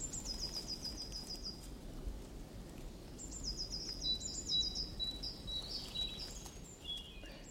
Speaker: On a entendu le rouge-gorge là avec son chant un peu comme une espèce de cascade.